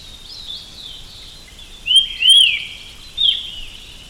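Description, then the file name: Austral thrush song: a few loud clear slurred whistled phrases, around two seconds in and again near three, with faint high notes between. Patagonia. "Zorzal Patagonico"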